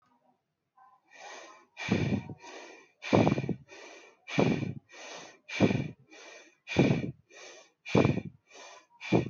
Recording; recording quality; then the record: shallow breathing; excellent, no background noise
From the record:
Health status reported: healthy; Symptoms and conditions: none ticked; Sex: female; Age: 30 years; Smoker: not ticked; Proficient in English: yes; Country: India